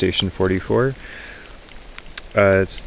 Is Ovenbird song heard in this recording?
no